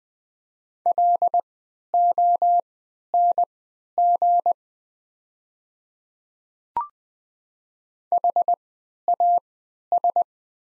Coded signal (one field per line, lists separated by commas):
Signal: Morse code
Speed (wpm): 20 wpm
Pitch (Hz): 700 Hz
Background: none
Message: LONG HAS